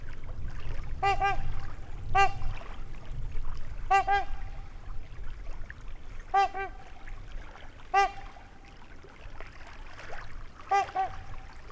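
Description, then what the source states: Trumpeter swan trumpeting with resonant, brassy honks in short single or paired bursts, roughly every one to three seconds, against low background rumble. Trumpeting; Wisconsin, USA, 2019, near a lake.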